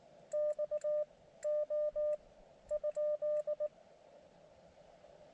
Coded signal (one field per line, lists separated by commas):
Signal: Morse code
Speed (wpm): 19 wpm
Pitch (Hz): 600 Hz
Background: none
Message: XO ?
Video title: Elecraft KX2 POTA on 17m - migraines and hiking don’t mix